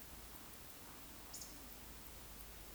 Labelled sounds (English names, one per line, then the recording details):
Eurasian Woodcock whistle
Eurasian Woodcock croak
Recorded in Baden-Württemberg, Germany, on 9 May 2021 at 19:43 UTC
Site 23718, 552 m above sea level